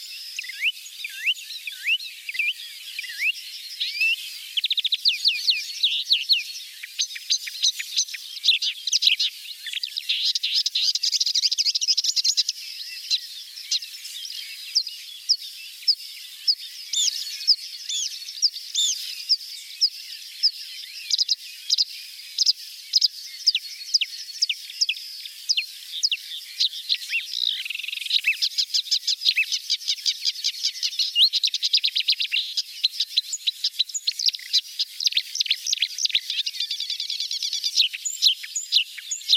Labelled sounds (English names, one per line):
Marsh Warbler song